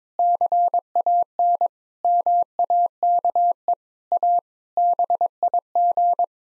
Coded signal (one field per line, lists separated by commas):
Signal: Morse code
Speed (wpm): 21 wpm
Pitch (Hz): 700 Hz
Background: none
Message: CAN MAKE A BIG